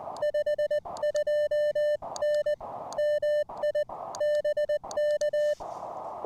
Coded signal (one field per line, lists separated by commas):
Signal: Morse code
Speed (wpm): 20 wpm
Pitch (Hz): 600 Hz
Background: music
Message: 52N MI BK